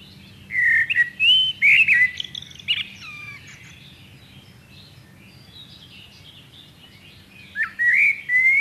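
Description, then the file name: Common blackbird song: a rich warbled phrase of looping whistles with high squeaks, a long pause, then another fluted phrase begins. "Turdus merula"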